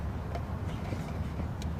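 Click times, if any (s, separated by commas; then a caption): none. A wiring connector for a VN Stage 3 car performance chip is pushed by hand toward its slot in the chip module socket, over a steady low rumble with two brief sharp ticks near 0.4 and 1.6 seconds. Nothing has seated or clicked in yet.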